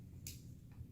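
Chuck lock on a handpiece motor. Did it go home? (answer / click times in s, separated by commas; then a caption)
released / 0.3 s. The chuck lock on a handpiece motor is clicked to open it so the punch can be swapped. One sharp click sounds at 0.3 s over a low steady hum, and the chuck lock clicks open.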